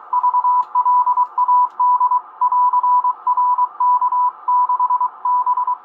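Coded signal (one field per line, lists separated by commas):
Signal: Morse code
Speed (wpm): 23 wpm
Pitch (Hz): 990 Hz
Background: none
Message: VLAD <AR>RK6B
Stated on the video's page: Kenwood TS-820 hybrid tube HF transceiver receiving on the 40 meter band.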